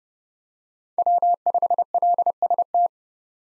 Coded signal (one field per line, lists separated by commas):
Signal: Morse code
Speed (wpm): 30 wpm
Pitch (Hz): 700 Hz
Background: none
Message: W5LST